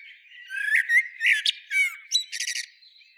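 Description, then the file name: Common blackbird giving a quick burst of harsh, squawky chattering notes with some thin whistled tones, several notes packed closely together, then quiet. "Turdus merula"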